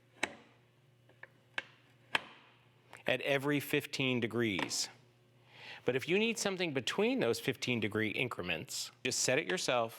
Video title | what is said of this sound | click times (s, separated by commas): The Proxxon Chop and Miter Saw KGS 80 | has positive stops you'll hear the click at | 0.2 s, 1.2 s, 1.6 s, 2.2 s